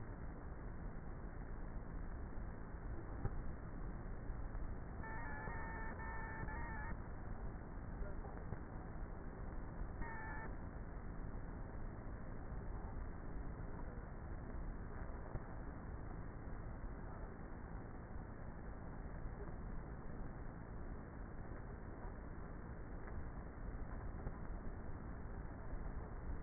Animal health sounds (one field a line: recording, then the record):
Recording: honeybee colony, microphone inside the hive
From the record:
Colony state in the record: queenless with a low population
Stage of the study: before two queens were removed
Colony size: about 30,000 bees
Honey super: no